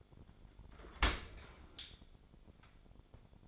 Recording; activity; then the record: daily activity, microphone in the room; open dishwasher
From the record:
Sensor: 5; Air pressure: 1006.7 hPa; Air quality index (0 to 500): 188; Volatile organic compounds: 5 ppm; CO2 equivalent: 1788 ppm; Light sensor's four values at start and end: 54/150/59/59 and 53/149/59/59